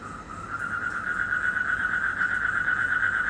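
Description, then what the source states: Frog trill starting softly and growing louder, a rapid, slightly rising pulsed call continuing throughout. Recorded in Indonesia in 2012, during travel.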